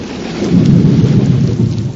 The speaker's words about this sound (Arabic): أوه، صوت الرعد مخيف، لكنه يأتي بالخير، بالمطر.